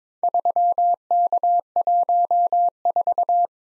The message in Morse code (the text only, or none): 3K14